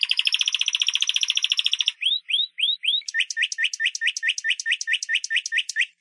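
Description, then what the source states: Canary song beginning with a loud, fast rolling trill for two seconds, followed by a long series of quick rising chirped notes. Champion singing canary.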